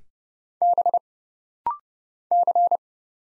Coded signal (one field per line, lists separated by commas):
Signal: Morse code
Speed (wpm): 30 wpm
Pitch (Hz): 700 Hz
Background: none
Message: B C